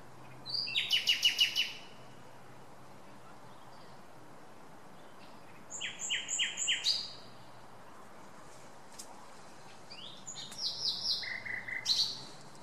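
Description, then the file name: Common nightingale song: three separate phrases of quick, repeated, clipped notes at high pitch, each about one to two seconds long, with quiet gaps between. "Luscinia megarhynchos"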